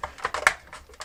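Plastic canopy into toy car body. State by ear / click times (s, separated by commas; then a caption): seated / 0.5 s. The plastic canopy of a Kenner Dark Knight Collection Batmobile toy car, with the figure inside and the hinges fed back in, is pressed down onto the car body. Several small plastic clicks and rattles come at 0.0, 0.3, 0.4 and 1.0 seconds, and the loudest, sharpest snap is at 0.5 seconds. The canopy seats there in a closed, tight fit.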